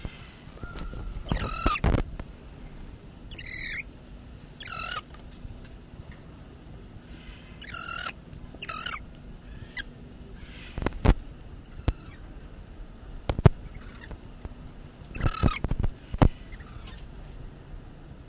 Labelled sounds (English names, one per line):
Red-crowned Titi call